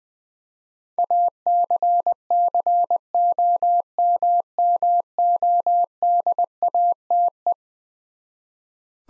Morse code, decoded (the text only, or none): ACCOMMODATE